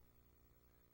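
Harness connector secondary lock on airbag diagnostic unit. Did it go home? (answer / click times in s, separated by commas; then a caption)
no / none. With the harness connectors plugged into a new airbag diagnostic unit of an MMC airbag system, the connector's secondary lock lever is being handled and pressed down. Only a steady low hum and buzz is heard, with no distinct transients. The lever has not locked in place, and nothing has seated or clicked yet.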